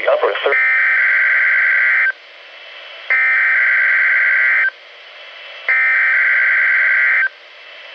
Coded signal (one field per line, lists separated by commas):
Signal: Emergency Alert System (SAME) tones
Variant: header bursts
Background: speech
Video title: EAS #286-287: 2 NWR Required Weekly Tests- Jan. 9-16, 2019